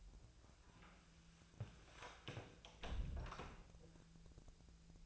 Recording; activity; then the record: daily activity, microphone in the room; close door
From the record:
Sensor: 2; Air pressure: 1000.3 hPa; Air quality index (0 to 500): 169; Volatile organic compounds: 3 ppm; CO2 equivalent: 1405 ppm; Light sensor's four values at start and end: 11/27/12/12 and 11/27/11/12